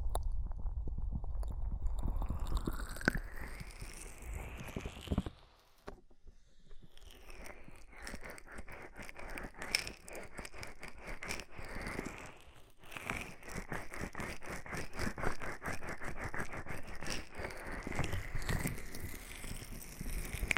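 An oil and foam ear massage with dense, crackling, squishy rubbing that runs almost continuously. Rapid sticky ticks and pops repeat throughout, with a brief quieter pause around five to six seconds and another dip near twelve seconds before the rubbing resumes.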